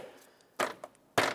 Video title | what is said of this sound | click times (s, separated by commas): How to Replace Intake Manifold 2014-2021 Mazda 6 | and once it gets uh seated in here it's going to have to click into place to lock in so tap it | 0.6 s, 1.2 s